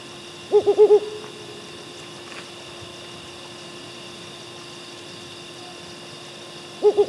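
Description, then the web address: Mottled wood owl calling a rapid, wavering run of three or four low hoots, silence for several seconds, then another burst starting at the end; faint constant hum throughout. Subspecies grisescens. "Mottled Wood Owl Strix ocellata grisescens. mottled wood owl call"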